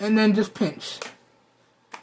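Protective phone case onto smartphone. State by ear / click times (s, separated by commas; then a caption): seated / 1.9 s. Someone talks while a Jelanry protective case is fitted onto an iPhone 15 Plus smartphone: the phone is slid into the case and pushed down, then the case edges are pinched. After a quiet stretch, a single short, sharp snap sounds at 1.9 s as the case seats into place on the phone.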